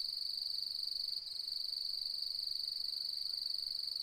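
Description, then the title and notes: Cricket song, an insistent high-pitched trill pulsing quickly and evenly, with one short falter just after a second. Nocturnal cricket song beginning at dusk as the full moon rises, fluctuating; autumn, 4 May 2015; Mallee woodland, outback, Mungo National Park, NSW, Australia. "Autumnal Dusk At Mungo National Park, NSW, Australia. As the light fades and the full moon rises.. the nocturnal cricket song begins and fluctuates. Recorded on the 4th of May, 2015 in the outback"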